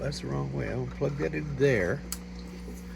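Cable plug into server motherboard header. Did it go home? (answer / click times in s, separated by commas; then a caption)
no / none. A cable plug is being handled at a server motherboard header, with the plug about to be turned around to push in. Someone talks over a steady low hum, and a brief faint tick is heard near 2.1 seconds. Nothing has seated or clicked yet.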